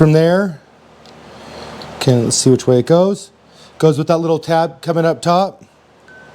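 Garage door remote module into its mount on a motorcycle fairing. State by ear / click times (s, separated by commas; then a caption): not seated / none. Someone talks while handling a Homelink garage door remote module, lining it up with its tab on top before it goes into its mount on the fairing of a Harley Davidson Road Glide motorcycle. A few faint handling noises sound between the words, but the module has not seated or clicked into the mount yet.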